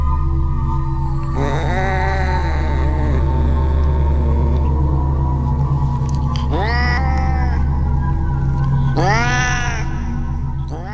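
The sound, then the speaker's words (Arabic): A cat yowls in long, wavering cries, followed by two shorter rising meows, all loud over a steady low rumble with no voices. “والأقوال الغالبة زي ما قلنا بتذهب معظمها أن هذا القط أو هذه القطط هو نوع تم تهجينه ولكن تم تعتيم عليه لأسباب لا يعلمها أحد.”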